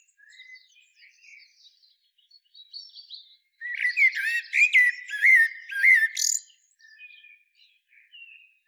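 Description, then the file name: Common blackbird calls: soft scattered high notes at first, then a loud run of squeaky warbled phrases with sharp high clicks, fading back to faint notes. "Turdus merula"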